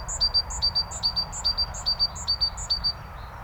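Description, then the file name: Great tit giving a rapid, even series of piercing two-note phrases over faint low background noise. "Parus major"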